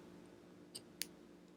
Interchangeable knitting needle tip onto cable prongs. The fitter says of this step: heard that click this time okay I heard the click and